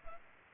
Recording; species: mosquito wingbeat signal from an infrared sensor; Culex pipiens